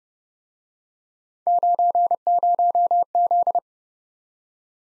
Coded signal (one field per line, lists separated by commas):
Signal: Morse code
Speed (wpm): 29 wpm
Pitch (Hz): 700 Hz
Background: none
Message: 90Z